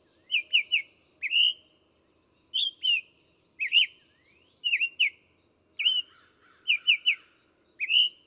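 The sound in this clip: Bird song: bursts of two or three quick whistled notes alternating with longer upslurred whistles, phrases spaced roughly one to two seconds apart.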